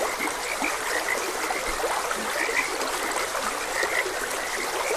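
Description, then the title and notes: Frogs give bright, pulsing croaks in bursts, with a few deeper croaks beneath, against the constant wash of a stream. Frogs croaking beside a gentle stream. "Gentle Stream and Frogs Croaking. Sleep and Relaxation Podcast"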